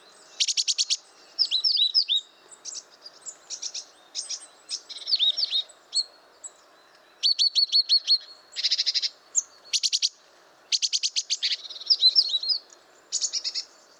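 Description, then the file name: Great tit calling: repeated grating churrs and clipped high notes in short bursts roughly every second or two, with brief pauses between groups. "Parus major"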